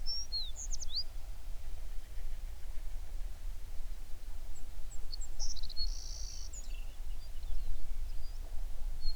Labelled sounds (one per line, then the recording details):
songbird
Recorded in the Prudhoe Bay oil fields, Alaska, on 11 June 2019 at 04:47
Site 21